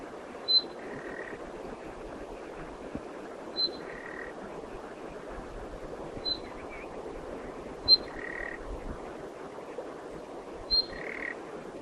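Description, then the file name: Common nightingale calling: five short high whistles, each followed by a lower harsh rasp, against faint background hiss. "Luscinia megarhynchos"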